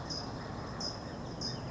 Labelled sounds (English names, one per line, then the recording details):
California Towhee
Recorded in Sonoma County, California